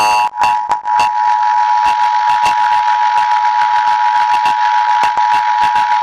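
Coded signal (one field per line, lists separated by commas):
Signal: Emergency Alert System (SAME) tones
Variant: 853 and 960 Hz attention tone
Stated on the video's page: Fictional collaborative EAS scenario.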